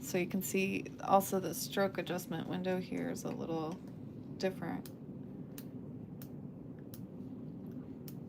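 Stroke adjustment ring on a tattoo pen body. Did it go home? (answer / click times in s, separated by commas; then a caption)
yes / 5.6 s, 6.2 s, 6.9 s, 8.1 s. Someone talks for the first few seconds, then the stroke adjustment ring on a wireless CPTINK LT tattoo pen body is turned step by step. Sharp clicks are heard at 5.6, 6.2, 6.9 and 8.1 seconds as each position clicks into its detent, and the ring stays in place.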